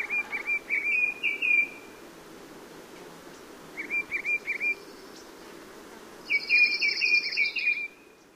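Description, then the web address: Black-crested titmouse singing three short runs of rapid clear whistled notes, separated by pauses, with a buzzy high sound over the last run. North America; listed among common western species. "Know Your Bird Sounds Common Western Species. Black-crested Titmouse"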